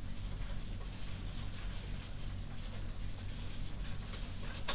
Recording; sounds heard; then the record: poultry house recording; no chicken sound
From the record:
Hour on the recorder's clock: 22